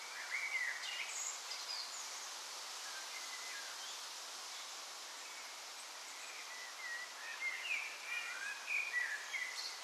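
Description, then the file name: Birds calling: scattered short chirps and warbling whistled phrases, busiest at the start and over the last three seconds, above a constant rushing hiss. Recorded on a balcony during a thunderstorm on June 7 2011. "June 7 2011 birds balcony clean With Thunderstorm"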